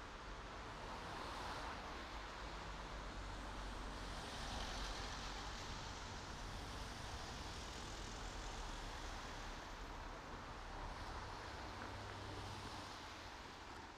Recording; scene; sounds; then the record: everyday scene through a hearing-aid microphone; in traffic; traffic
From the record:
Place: main road on the outskirts, rush hour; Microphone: in the ear canal, right